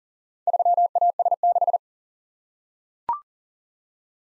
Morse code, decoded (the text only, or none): 3AS6